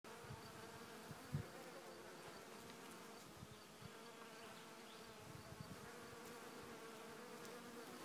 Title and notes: A bunch of Bees recorded in Bergerac in the South of France.